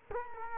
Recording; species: mosquito wingbeat signal from an infrared sensor; Culex quinquefasciatus